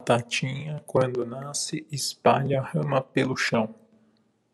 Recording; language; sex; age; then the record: short text; Brazilian Portuguese; male; 30 to 39 years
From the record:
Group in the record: control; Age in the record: 30 years